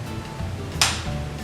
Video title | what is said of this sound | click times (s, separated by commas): HOW TO USE AN EPIPEN | Next, you want to hit into your dye until you hear a click. | 0.8 s